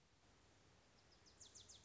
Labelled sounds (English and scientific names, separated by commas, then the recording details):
Wilson's Warbler (Cardellina pusilla)
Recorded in Sonoma County, California